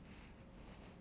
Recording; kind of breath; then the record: one breath in and out by a microphone near the nose and mouth; strong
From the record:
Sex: male